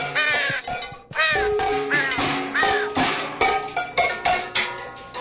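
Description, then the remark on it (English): A loud bird call sound effect: a rapid string of harsh, raspy squawks and caws with rising and falling pitch, repeating over several seconds with no talking. “We'll throw a bird in there.”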